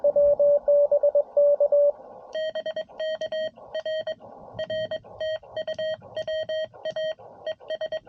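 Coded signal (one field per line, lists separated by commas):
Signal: Morse code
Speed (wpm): 22 wpm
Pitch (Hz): 1900 Hz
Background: radio noise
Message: BK R R TU WA ES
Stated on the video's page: Morse from a POTA activation in a national forest, sent with a Palm Radio Pico paddle on a Venus SW-6B radio with a Hamstick antenna.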